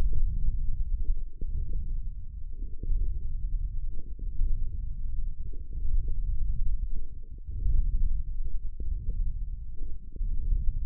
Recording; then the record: forearm muscle sounds (acoustic myography)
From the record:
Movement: hand opening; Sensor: system 1, eight BSWA MPA416 microphones around the upper forearm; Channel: 6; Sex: male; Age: 20 years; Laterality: left